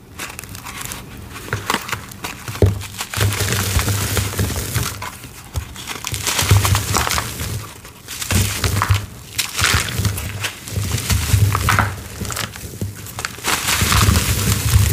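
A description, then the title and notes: Cornstarch is crushed and crumbled, giving a dense, gritty crunching that runs almost without pause for the whole stretch. The crackle is bright and fine-grained, rising and easing in irregular bursts, with a low, steady hum underneath. Cornstarch Crunchies. Crunchy, gritty cornstarch crushing, ASMR crumbling and dusty powder play sounds.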